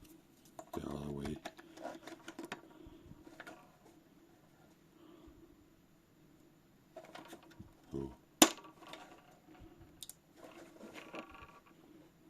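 A part is pushed into the body of an FST MK II airgun/paintball marker from Gotcha 3D, with light handling clicks and someone talking throughout. A sharp, loud knock comes at 8.4 s. The part has not gone all the way in and is not seated right, sitting only about flush with the neighbouring piece.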